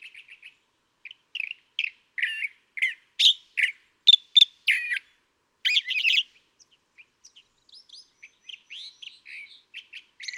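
California thrasher song: loud, varied phrases of harsh churrs, whistles and chuckles given in rapid irregular series, trailing off into softer scattered notes.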